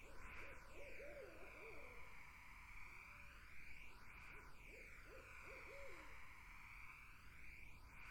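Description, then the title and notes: Barred owls giving excited, wavering hoots in two bouts with a pause between, over a constant sweeping hiss. Barred owls, more than one, in a summer wetland. "Barred Owls in a Summer Wetland. The Wild Life"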